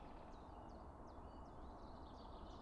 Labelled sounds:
Common Chiffchaff
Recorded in Germany
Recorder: ecoPi

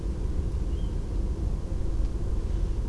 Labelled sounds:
Tawny Owl
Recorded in Germany
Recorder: ecoPi

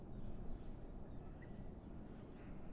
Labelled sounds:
Eurasian Blue Tit
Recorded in Germany
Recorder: ecoPi

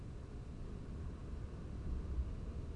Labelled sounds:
none
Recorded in Germany
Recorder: ecoPi

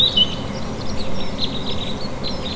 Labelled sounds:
Eurasian Blackcap
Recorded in Germany
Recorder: ecoPi

